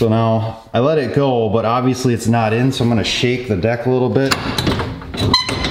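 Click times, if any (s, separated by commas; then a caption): 5.3 s. Someone talks while shaking the mower deck so the spring-loaded locking pin on the rear bagger mount bracket of an X758 Power Flow drops into its hole. At 5.3 s a sharp metallic clack is heard as the pin snaps into the locked position and seats against the roll pin, confirmed in.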